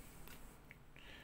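The crown of a Bausele Airfield Caribou RAAF 100 Year Centenary limited edition watch is pulled out of the watch case to its first detent position. A short, sharp click sounds at 0.7 s over a quiet, low background, with fainter ticks around 0.3 s and 1.0 s. The crown is released into its first click position.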